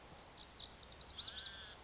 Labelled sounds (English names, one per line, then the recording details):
Lazuli Bunting
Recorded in Sonoma County, California